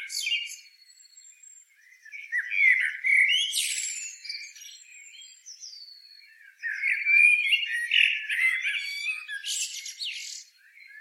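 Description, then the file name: Eurasian blackbird singing warbled phrases that break into high, squeaky twittering, in two main bursts with a quieter gap between them. "Turdus merula"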